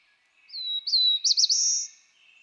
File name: Black-throated Blue Warbler